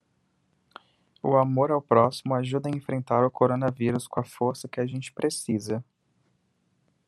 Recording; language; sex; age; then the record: spoken sentence; Brazilian Portuguese; male; 20 to 29 years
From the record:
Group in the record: control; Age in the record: 23 years